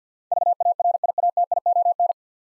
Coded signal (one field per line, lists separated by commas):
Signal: Morse code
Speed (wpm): 50 wpm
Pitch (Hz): 700 Hz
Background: none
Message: VARIATION